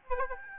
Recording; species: mosquito wingbeat signal from an infrared sensor; Aedes albopictus